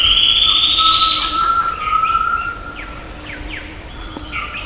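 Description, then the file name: Bird with a rising whistled sweep, then a series of short chirps, against a constant high-pitched hiss. "SABIOD 50 bird 2015"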